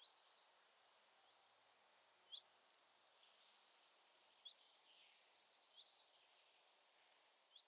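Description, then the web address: Eurasian blue tit song: the end of one trill, a pause, then a high downslurred note leading into a rapid ringing trill, followed by a few softer high notes. "Aktivitetsbanken. Fuglelyder Blåmeis"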